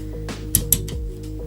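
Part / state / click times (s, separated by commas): recoil spring guide rod into pistol slide / seated / 0.6 s, 0.7 s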